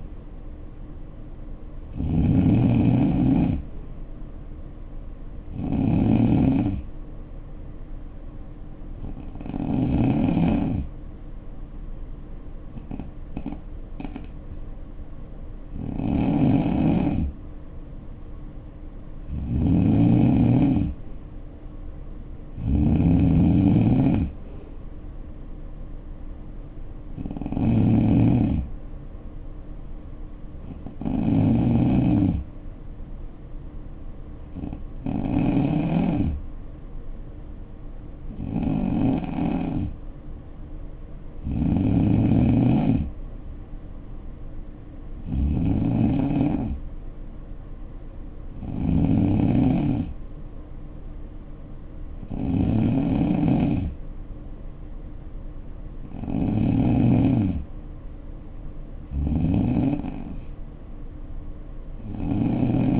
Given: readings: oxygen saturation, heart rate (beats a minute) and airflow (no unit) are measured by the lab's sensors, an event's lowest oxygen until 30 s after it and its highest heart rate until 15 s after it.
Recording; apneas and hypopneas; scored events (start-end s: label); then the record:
breathing in sleep by a smartphone at the bedside; 2
8.00-22.20 s: hypopnea (N2, oxygen 92% highest, then 88% lowest, heart rate 65 at the start, 65 highest)
28.00-58.00 s: new sleep stage, N3 (deep sleep)
32.00-46.20 s: hypopnea (N3, oxygen 93% highest, then 90% lowest, heart rate 63 at the start, 66 highest)
58.00-63.00 s: new sleep stage, N2 (light sleep)
From the record:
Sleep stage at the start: N2 (light sleep); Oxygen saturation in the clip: 88 to 93%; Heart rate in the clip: 58 to 69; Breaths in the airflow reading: 17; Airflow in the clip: -7.2 to 3.9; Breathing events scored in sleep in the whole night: 520 in 7.2 hours asleep